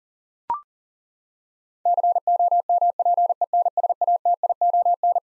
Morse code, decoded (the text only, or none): COMPENSATION